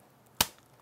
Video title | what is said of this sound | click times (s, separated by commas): IS IT SPILL PROOF? Lenovo Thinkpad P50 review + spill damage test | a little scary how much force you need to snap that out though okay | 0.4 s